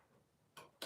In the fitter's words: There you go. If you hear the click, that means it's in its right place.